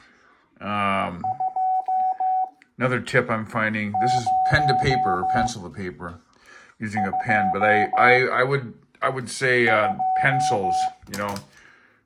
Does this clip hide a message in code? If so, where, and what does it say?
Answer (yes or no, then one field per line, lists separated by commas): yes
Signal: Morse code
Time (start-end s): 1.2-10.9 s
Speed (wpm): 16 wpm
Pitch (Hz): 750 Hz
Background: speech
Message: 2 0 2 2